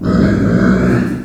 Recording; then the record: squeal of a Yucatan mini pig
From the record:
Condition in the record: after surgery on the right vocal fold (resection and tissue-engineered implant); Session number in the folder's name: 7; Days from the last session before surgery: 47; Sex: female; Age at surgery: 19 weeks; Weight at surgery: 25 kg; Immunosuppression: prednisolone